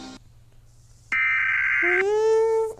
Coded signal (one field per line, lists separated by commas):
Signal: Emergency Alert System (SAME) tones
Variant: header bursts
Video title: EAS Scenario: Lentotally's Revenge BAD/WORST ENDING